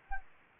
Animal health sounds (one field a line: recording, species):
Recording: mosquito wingbeat signal from an infrared sensor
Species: Anopheles arabiensis